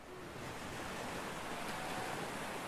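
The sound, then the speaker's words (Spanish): A steady, dense roar of a huge mass of flood water surging in and starting to flood a house, rushing without pause, a broad hissing wash that stays loud and even throughout, with no voices. “Todavía no había comprendido nada cuando, a través del ventanal, vio una enorme masa de agua que surgía de la nada y empezaba a inundar su casa.”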